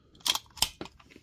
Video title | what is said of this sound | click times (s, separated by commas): FAST FOOD TOY REVIEWS SENT A MYSTERY BOX WITH A MOUNTAIN OF RARE HAPPY MEAL COLLECTIBLES! | it snapped into place and then let's see if it launches | 0.6 s